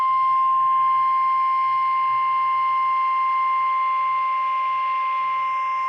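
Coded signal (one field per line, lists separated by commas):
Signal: Emergency Alert System (SAME) tones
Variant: 1050 Hz attention tone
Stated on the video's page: Final Required Weekly Test for the year, NOAA Weather Radio SAME tones.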